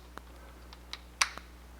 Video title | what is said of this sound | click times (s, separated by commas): KastKing Sharky III Spinning Reel Unboxing and Spooling with Braid | you do is you put it in kind of snap into place and | 1.2 s